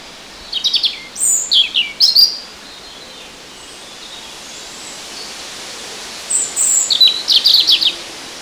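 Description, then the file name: European robin song, two bursts of high tinkling, rapid trilled notes separated by a few seconds of quiet with steady background hiss. "Erithacus rubecula"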